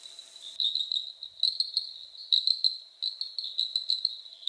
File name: litoria cooloolensis